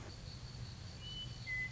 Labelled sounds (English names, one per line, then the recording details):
Western Meadowlark
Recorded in Sonoma County, California